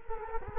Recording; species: mosquito wingbeat signal from an infrared sensor; Culex quinquefasciatus